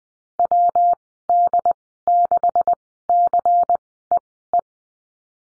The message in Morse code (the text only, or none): WD6CEE